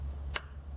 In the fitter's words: You'll hear a click.